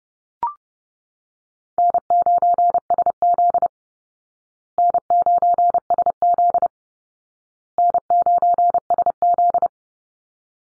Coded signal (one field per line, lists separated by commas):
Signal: Morse code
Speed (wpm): 30 wpm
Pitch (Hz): 700 Hz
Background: none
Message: N9SZ N9SZ N9SZ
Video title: Easy Call Signs Repeated 3x 30wpm